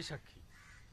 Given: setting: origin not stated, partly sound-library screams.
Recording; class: one-second piece from a danger detection set; normal situation